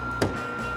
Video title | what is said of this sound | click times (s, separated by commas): It Did Not Go Well...The Girls Road Trip a Classic Corvette And BARELY Make It Back Home! | Satisfying click. | 0.2 s